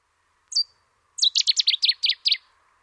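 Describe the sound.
Cetti's warbler song: a single sharp note, a pause, then an explosive burst of loud, rapid, repeated chipping phrases.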